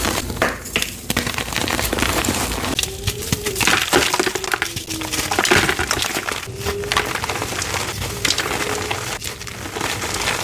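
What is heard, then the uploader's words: Soft gym chalk crushed in a dense, continuous stream of crumbling, crinkly grit with no real pauses. Sharper crunches break through about every second, and a faint low hum runs underneath through much of the clip. Random Variety Gym Chalk Crushing Compilation. It's another random compilation of gorgeous soft gym chalk crushes for y'all! I cut out all the slow parts and the powder play, so it's just pure nonstop crushing.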